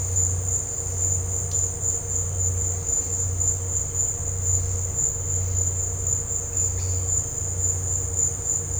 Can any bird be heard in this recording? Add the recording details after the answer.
no. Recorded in dense forest near Puerto Asís, Putumayo, Colombia, on 13 March 2025 at 15:00. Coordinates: 0.468, -76.322. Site GP01